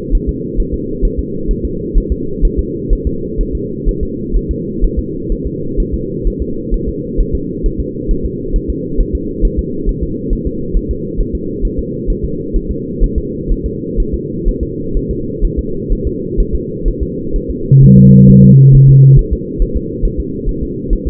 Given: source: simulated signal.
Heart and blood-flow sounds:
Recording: fetal heart sounds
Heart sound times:
0.15 s: S1
0.29 s: S2
0.60 s: S1
0.74 s: S2
1.05 s: S1
1.19 s: S2
1.51 s: S1
1.65 s: S2
1.97 s: S1
2.12 s: S2
2.45 s: S1
2.59 s: S2
2.93 s: S1
3.07 s: S2
3.41 s: S1
3.55 s: S2
3.89 s: S1
4.03 s: S2
4.36 s: S1
4.51 s: S2
4.84 s: S1
4.99 s: S2
5.32 s: S1
5.47 s: S2
5.80 s: S1
5.94 s: S2
6.27 s: S1
6.42 s: S2
6.74 s: S1
6.88 s: S2
7.20 s: S1
7.35 s: S2
7.66 s: S1
7.80 s: S2
8.11 s: S1
8.25 s: S2
8.56 s: S1
8.70 s: S2
9.00 s: S1
9.15 s: S2
9.45 s: S1
9.59 s: S2
9.89 s: S1
10.03 s: S2
10.33 s: S1
10.47 s: S2
10.77 s: S1
10.91 s: S2
11.21 s: S1
11.35 s: S2
11.65 s: S1
11.79 s: S2
12.10 s: S1
12.25 s: S2
12.56 s: S1
12.71 s: S2
13.03 s: S1
13.18 s: S2
13.52 s: S1
13.66 s: S2
14.00 s: S1
14.14 s: S2
14.48 s: S1
14.63 s: S2
14.97 s: S1
15.11 s: S2
15.45 s: S1
15.59 s: S2
15.92 s: S1
16.07 s: S2
16.40 s: S1
16.55 s: S2
16.88 s: S1
17.03 s: S2
17.36 s: S1
17.50 s: S2
17.83 s: S1
17.98 s: S2
18.30 s: S1
18.44 s: S2
18.75 s: S1
18.89 s: S2
19.19 s: S1
19.33 s: S2
19.62 s: S1
19.77 s: S2
20.05 s: S1
20.20 s: S2
20.49 s: S1
20.63 s: S2
20.93 s: S1
21.07 s: S2
From the record:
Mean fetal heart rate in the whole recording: 130 bpm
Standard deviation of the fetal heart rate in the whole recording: 4 bpm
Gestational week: 38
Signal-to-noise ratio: -6.6 dB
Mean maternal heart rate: 72 bpm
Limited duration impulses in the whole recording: present

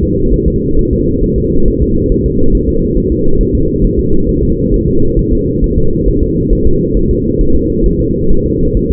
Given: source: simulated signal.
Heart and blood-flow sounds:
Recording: fetal heart sounds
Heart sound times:
0.03 s: S2
0.34 s: S1
0.48 s: S2
0.79 s: S1
0.93 s: S2
1.24 s: S1
1.38 s: S2
1.68 s: S1
1.82 s: S2
2.12 s: S1
2.26 s: S2
2.55 s: S1
2.69 s: S2
2.98 s: S1
3.12 s: S2
3.41 s: S1
3.55 s: S2
3.84 s: S1
3.99 s: S2
4.29 s: S1
4.43 s: S2
4.74 s: S1
4.88 s: S2
5.19 s: S1
5.33 s: S2
5.64 s: S1
5.78 s: S2
6.08 s: S1
6.23 s: S2
6.53 s: S1
6.67 s: S2
6.97 s: S1
7.11 s: S2
7.41 s: S1
7.56 s: S2
7.86 s: S1
8.01 s: S2
8.31 s: S1
8.46 s: S2
8.77 s: S1
8.91 s: S2
From the record:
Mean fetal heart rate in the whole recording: 135 bpm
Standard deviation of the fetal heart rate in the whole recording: 3 bpm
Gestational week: 36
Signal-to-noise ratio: -17.7 dB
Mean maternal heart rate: 72 bpm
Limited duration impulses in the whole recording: present

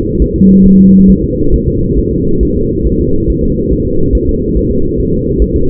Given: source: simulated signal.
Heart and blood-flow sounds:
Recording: fetal heart sounds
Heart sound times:
0.22 s: S1
0.36 s: S2
0.66 s: S1
0.80 s: S2
1.10 s: S1
1.24 s: S2
1.54 s: S1
1.68 s: S2
1.99 s: S1
2.13 s: S2
2.43 s: S1
2.57 s: S2
2.87 s: S1
3.01 s: S2
3.30 s: S1
3.44 s: S2
3.73 s: S1
3.87 s: S2
4.15 s: S1
4.29 s: S2
4.57 s: S1
4.71 s: S2
5.00 s: S1
5.14 s: S2
5.42 s: S1
5.56 s: S2
From the record:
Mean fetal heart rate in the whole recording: 140 bpm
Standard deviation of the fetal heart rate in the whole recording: 2 bpm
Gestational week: 34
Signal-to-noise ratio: -16.4 dB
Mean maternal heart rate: 72 bpm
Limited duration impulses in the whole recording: present

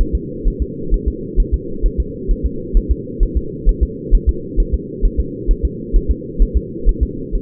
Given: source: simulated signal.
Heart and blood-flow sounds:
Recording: fetal heart sounds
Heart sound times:
0.01 s: S1
0.15 s: S2
0.47 s: S1
0.62 s: S2
0.94 s: S1
1.08 s: S2
1.40 s: S1
1.54 s: S2
1.86 s: S1
2.00 s: S2
2.31 s: S1
2.46 s: S2
2.77 s: S1
2.91 s: S2
3.23 s: S1
3.37 s: S2
3.69 s: S1
3.83 s: S2
4.15 s: S1
4.29 s: S2
4.60 s: S1
4.74 s: S2
5.05 s: S1
5.20 s: S2
5.51 s: S1
5.65 s: S2
5.96 s: S1
6.11 s: S2
6.42 s: S1
6.57 s: S2
6.89 s: S1
7.03 s: S2
7.35 s: S1
From the record:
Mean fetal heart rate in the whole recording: 130 bpm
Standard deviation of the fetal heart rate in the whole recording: 2 bpm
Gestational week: 38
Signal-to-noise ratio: -4.3 dB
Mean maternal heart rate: 72 bpm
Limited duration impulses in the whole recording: absent

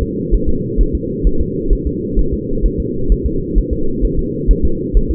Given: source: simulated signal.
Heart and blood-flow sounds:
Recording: fetal heart sounds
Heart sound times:
0.02 s: S2
0.34 s: S1
0.49 s: S2
0.81 s: S1
0.95 s: S2
1.27 s: S1
1.41 s: S2
1.73 s: S1
1.87 s: S2
2.19 s: S1
2.34 s: S2
2.66 s: S1
2.80 s: S2
3.12 s: S1
3.26 s: S2
3.58 s: S1
3.73 s: S2
4.05 s: S1
4.19 s: S2
4.51 s: S1
4.65 s: S2
4.97 s: S1
5.11 s: S2
From the record:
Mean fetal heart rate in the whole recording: 130 bpm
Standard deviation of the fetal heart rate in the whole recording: 2 bpm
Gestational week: 36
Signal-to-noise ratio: -8.1 dB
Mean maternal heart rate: 72 bpm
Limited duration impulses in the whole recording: absent

